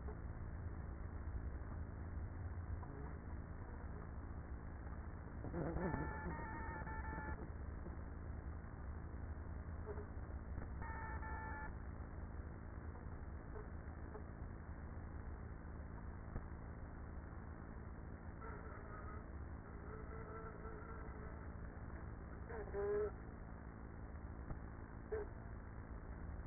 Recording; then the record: honeybee colony, microphone inside the hive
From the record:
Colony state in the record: queenless with a low population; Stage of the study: after two queens were removed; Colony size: about 30,000 bees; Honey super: no